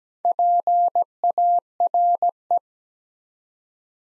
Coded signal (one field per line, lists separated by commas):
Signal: Morse code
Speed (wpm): 17 wpm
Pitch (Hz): 700 Hz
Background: none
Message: PARE